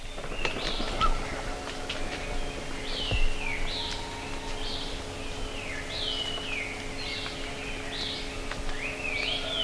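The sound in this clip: Bird calls as slurred whistles that rise then drop, repeated several times, with a few faint chips and a low rumbling background.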